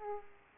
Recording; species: mosquito wingbeat signal from an infrared sensor; Aedes aegypti